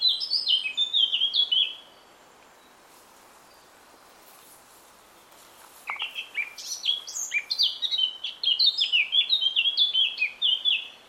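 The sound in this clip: Eurasian Blackcap song in two bursts: a quick scratchy warble, a pause of about four seconds, then a longer, fuller warbling phrase.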